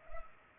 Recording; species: mosquito wingbeat signal from an infrared sensor; Culex pipiens